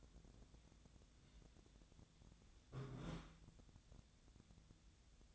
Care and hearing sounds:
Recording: daily activity, microphone in the room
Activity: take from stove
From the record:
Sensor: 3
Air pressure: 1010.0 hPa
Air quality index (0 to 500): 186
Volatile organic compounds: 14 ppm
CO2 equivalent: 2432 ppm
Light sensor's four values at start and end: 42/106/45/49 and 42/105/45/49

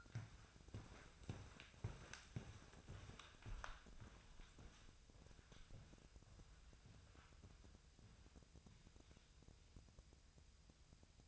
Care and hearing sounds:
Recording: daily activity, microphone in the room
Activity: walk to room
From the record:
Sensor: 2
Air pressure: 999.3 hPa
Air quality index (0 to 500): 194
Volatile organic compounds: 26 ppm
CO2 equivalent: 2866 ppm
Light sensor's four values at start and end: 7/16/6/6 and 7/16/6/6

